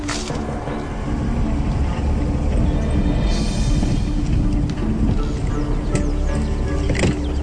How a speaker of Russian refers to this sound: Шухер! Машина!